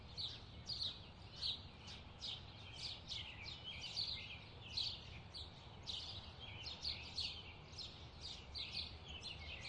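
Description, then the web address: Chirping birds, dense high twittering notes repeated rapidly and overlapping throughout, with a soft low rumble in the background. Bird chirping ambience. "SFXBible animals-birds-chirp-ambience"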